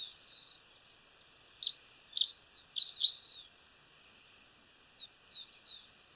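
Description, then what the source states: Sierra finch uttering a few bright chirps in a cluster, with softer, fainter notes before and after; quiet background otherwise. In Patagonia.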